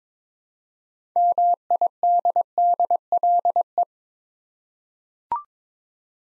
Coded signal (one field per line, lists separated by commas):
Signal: Morse code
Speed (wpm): 23 wpm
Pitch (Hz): 700 Hz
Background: none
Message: MIDDLE